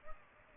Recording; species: mosquito wingbeat signal from an infrared sensor; Aedes aegypti